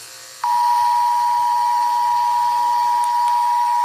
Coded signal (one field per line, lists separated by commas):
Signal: Emergency Alert System (SAME) tones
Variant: 853 and 960 Hz attention tone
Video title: Canadá eas alarm 1990 🇨🇦